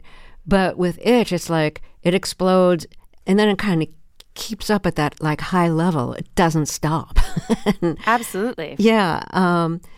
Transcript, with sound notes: But with itch, it's like it explodes, and then it kind of keeps up at that, like, high level. It doesn't stop (laughter).
Absolutely.
Yeah.